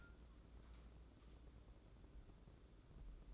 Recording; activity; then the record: daily activity, microphone in the room; take from stove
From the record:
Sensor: 3